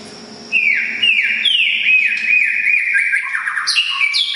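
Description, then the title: Oriental magpie-robin song of loud descending whistled slurs repeated in quick succession, ending in higher notes. "kacer"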